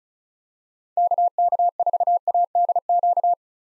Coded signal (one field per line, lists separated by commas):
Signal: Morse code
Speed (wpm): 36 wpm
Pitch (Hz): 700 Hz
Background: none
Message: KK4ADQ